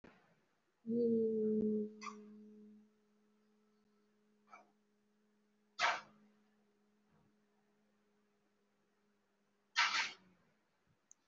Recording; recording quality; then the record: sustained vowel as in beet; excellent, no background noise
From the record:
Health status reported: recovered from COVID-19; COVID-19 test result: positive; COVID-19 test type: RT-PCR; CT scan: taken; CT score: 0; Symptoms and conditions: breathing difficulty, asthma, another respiratory illness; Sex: female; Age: 65 years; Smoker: no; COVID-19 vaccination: none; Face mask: worn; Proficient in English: no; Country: India